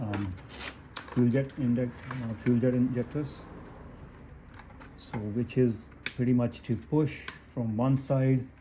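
During a valve cover gasket replacement on a BMW 323i (E90), an electrical connector is being pushed onto a fuel injector from one side while someone talks, with faint scraping and handling noises in between. The connector has not clicked or seated yet by the end of the clip.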